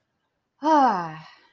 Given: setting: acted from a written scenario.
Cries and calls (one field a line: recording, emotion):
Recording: vocal sound without words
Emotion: triumph